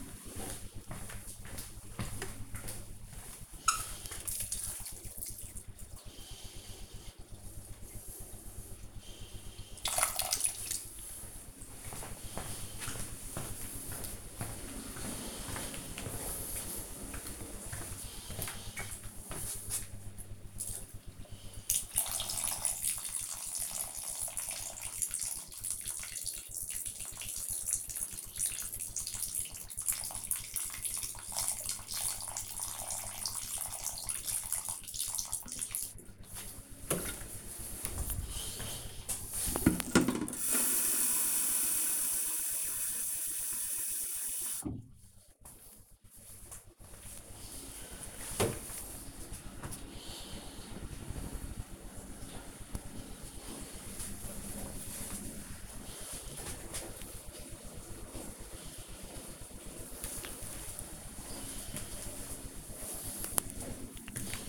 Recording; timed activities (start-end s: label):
household activities, microphone on the right wrist
0.29-35.52 s: watering plant
7.33 s: note: no refill
59.67-64.49 s: watering plant